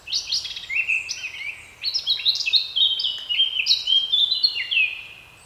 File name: Sylvia atricapilla